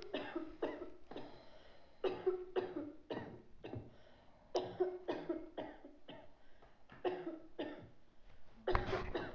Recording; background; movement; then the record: deep breathing; a bystander coughing; sitting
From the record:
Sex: female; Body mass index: 21.8 kg/m2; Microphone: on the chest, facing outward